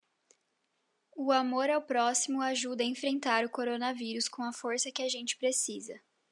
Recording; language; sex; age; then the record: spoken sentence; Brazilian Portuguese; female; 20 to 29 years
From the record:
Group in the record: control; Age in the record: 20 years